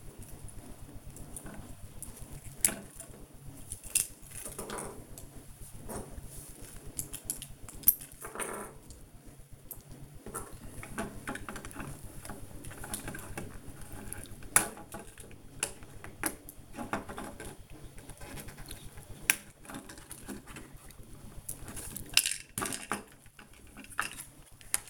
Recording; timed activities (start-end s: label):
household activities, microphone on the right wrist
0.00-24.90 s: building with lego